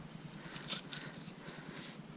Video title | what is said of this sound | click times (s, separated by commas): Rx8 engine rebuild Pt 3 | right let's see if we can hear the click this time pop it into place it's a good sound to hear | 0.9 s